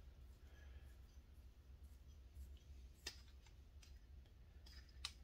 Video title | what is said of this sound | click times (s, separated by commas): Ultimate Racing M5S teardown/rebuild. | And you hear it pop, that means it's coming loose. | 5.1 s